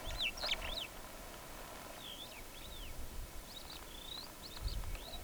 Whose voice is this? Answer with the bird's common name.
Superb Starling